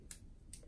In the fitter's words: put it back in snaps